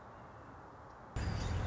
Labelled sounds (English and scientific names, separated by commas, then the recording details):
Nuttall's Woodpecker (Dryobates nuttallii)
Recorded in Sonoma County, California